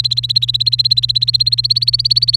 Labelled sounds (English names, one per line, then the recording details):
Domestic Canary song
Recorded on 30 April 2018 at 05:45
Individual llb3